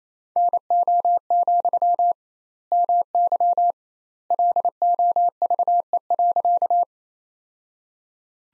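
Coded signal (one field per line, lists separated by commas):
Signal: Morse code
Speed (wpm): 27 wpm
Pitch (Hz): 700 Hz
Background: none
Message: NO, MY LOVE.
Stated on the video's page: Morse practice sentences built from the top 400 words, sent at 28 wpm with twice the standard word spacing, a word-level Farnsworth-style approach.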